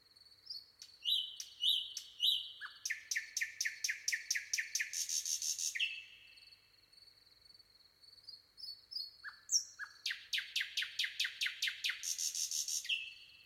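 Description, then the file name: Common nightingale song in two phrases: whistled notes leading into a long, fast series of loud repeated chacking notes, a pause of about three seconds, then another rapid, rhythmic burst. "Luscinia megarhynchos"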